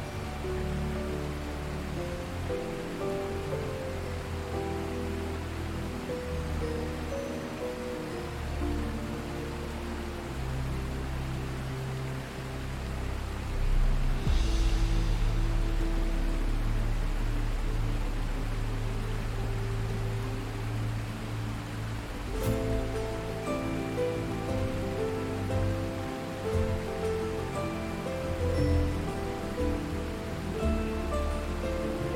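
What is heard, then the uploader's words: Steady gushing water hisses throughout under a low, sustained music bed, with a brief swell near fifteen seconds and a sharp tap around twenty-two. WATER Gushing Sound with MUSIC.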